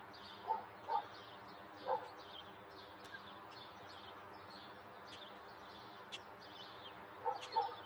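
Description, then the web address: Dog barks: short single barks in two loose clusters at the start and end, over a steady hum and faint chirping birds. Daytime suburban neighborhood ambience with birds and a dog. "SFXBible 6 Ambience-Suburban-Day-Birds-Dog-Neighborhood"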